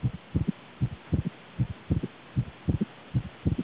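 Steady, low lub-dub heartbeat at about 77 beats a minute in an adult, heard through a stethoscope, with the first and second heart sounds clearly separated.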